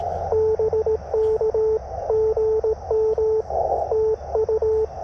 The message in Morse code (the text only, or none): BK GM TU